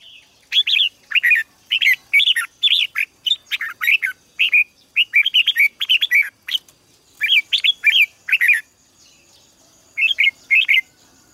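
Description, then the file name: Red-whiskered bulbul singing steadily, quick bubbly phrases of looping whistled notes following one another almost without pause, with a short gap near the end. "Tieng chao mao hot"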